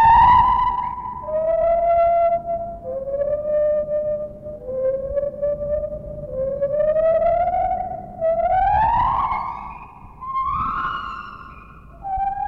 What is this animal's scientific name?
Hylobates lar